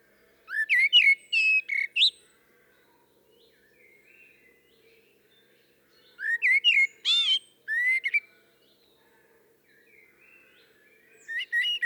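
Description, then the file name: Common blackbird song: two fluted warbling phrases with high squeaky twitters, separated by a quiet pause of several seconds, and the start of a third at the end. "Turdus merula"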